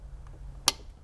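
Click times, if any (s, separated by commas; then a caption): 0.7 s. On a 2003 Hyundai Santa Fe, the middle plastic wiring harness connector is pushed into the instrument cluster in a tight space with short wires. A faint tick comes at 0.3 s, then a sharp, bright click at 0.7 s as the connector seats and clicks in.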